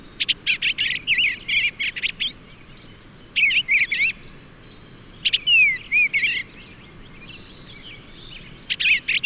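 Bird song with rapid chirping phrases and a looping whistle, delivered in bursts every couple of seconds, a steady high hum underneath.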